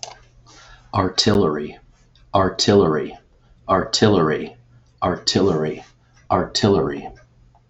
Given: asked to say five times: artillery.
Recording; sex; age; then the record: repeated word; male; 40 to 49 years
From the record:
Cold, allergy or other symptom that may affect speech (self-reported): no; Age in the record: 40 years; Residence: Michigan, United States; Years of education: 18